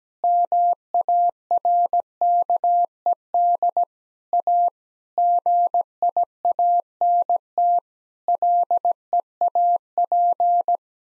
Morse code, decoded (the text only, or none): MARKED A GIANT LEAP